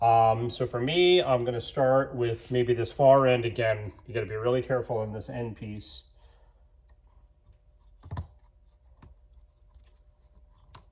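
A chrome trim piece is handled against the freshly painted front bumper of a Mercedes-Benz E55 AMG W211, starting at the far end, with left and right pieces that are not interchangeable. Someone talks for the first six seconds, followed by quiet with a few faint taps around 8.1 s and 10.8 s. Nothing has seated or clicked into the bumper clips yet.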